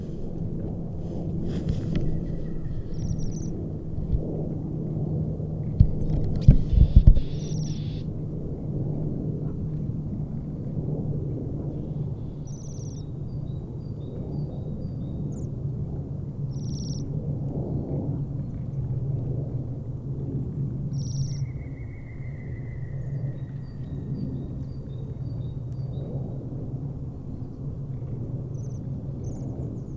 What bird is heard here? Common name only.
Bohemian Waxwing